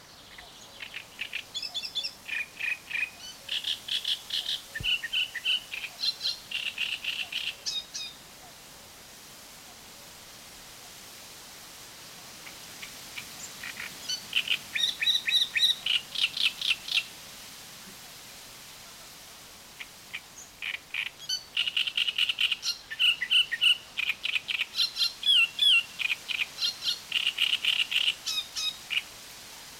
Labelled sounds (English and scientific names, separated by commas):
Great Reed Warbler (Acrocephalus arundinaceus)